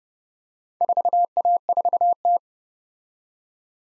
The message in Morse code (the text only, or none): 4A4T